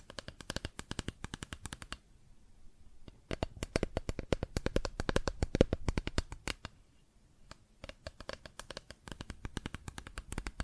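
Plastic objects tap and scratch in rapid, dense bursts of sharp clicks, with a brief quieter stretch around two seconds and another near eight.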